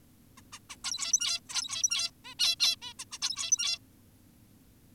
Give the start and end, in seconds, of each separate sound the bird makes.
0.38-0.42, 0.53-0.59, 0.70-0.76, 0.84-1.40, 1.49-2.11, 2.25-2.34, 2.40-2.56, 2.60-2.76, 2.82-2.94, 2.99-3.05, 3.12-3.18, 3.22-3.79